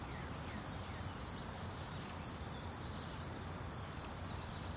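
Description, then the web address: Insects keep up a steady high-pitched shrill drone without pause, over a low rumble. Daytime outdoor ambience in a residential subdivision neighborhood, with insects. "SFXBible 6 Ambience-Subdivision-Day-Birds-Insects-Neighborhood"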